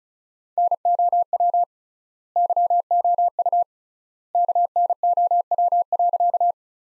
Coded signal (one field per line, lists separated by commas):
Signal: Morse code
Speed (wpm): 36 wpm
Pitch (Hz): 700 Hz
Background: none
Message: NOW YOU KNOW.